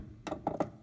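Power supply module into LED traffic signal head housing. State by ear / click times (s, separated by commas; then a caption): not seated / none. A power supply module for a Dialight integrated LED traffic signal head is set into a small clip at the bottom of the housing by hand. Three short, sharp handling knocks are heard at about 0.3, 0.5 and 0.6 seconds. The module has not snapped into place yet, and nothing has seated.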